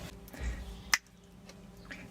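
A plastic interior trim panel on a 2023 Tesla Model 3 is pushed back onto its car body clips after an audio system upgrade install. A sharp snap at 0.9 s is the panel seating, with weaker knocks around 0.3 s and 1.5 s and low rumbling underneath. The trim clips snap back in and the panel is seated.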